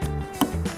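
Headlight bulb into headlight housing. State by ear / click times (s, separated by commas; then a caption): seated / 0.4 s. A high beam headlight bulb is spun by hand into the plastic headlight housing of a 2008–2014 Dodge Avenger, with no tools. A sharp click at 0.4 s marks the bulb twist-locking and seating in the housing, amid low background hum.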